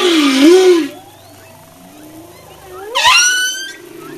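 Humpback whale song: a loud undulating roar, a quiet gliding moan, then a sharp rising cry with many harmonics.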